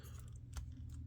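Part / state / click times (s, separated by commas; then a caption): shoulder section tab into the torso of a transforming figure / not seated / none. The plastic shoulder sections of a Transformers Studio Series Leader The Fallen action figure are swung down to tab into the torso. Only a few faint, brief plastic ticks and a single louder tap near 0.6 s are heard over a low steady hum. The expected click never comes, and the shoulder tabs have not clicked into place.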